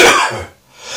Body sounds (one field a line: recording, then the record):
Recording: coughing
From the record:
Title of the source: Spring Cold Coughing 2